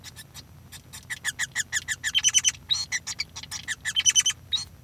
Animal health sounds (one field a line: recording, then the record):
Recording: song of a male Bengalese finch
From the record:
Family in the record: son of father 5